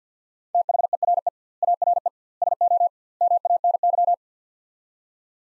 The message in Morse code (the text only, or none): THERE ARE SO MANY